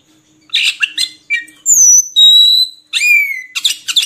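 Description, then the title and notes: Oriental magpie-robin song: harsh buzzy notes, then loud, pure whistles falling in pitch, followed by a long downslurred whistle and rough chatter. Long-duration 'isian' (fill-in) song material of kacer, meant to get birds singing constantly ('gacor') by day and night. "Kacer Jadi Gacor Siang Malam. Isian Kacer Durasi Panjang"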